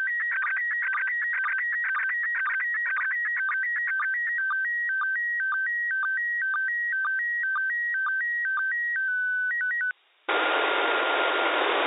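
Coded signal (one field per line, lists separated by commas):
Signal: SSTV (slow-scan television)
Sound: warbling tone stepping between low and high pitches, then sudden loud hiss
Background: radio static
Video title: ISS SSTV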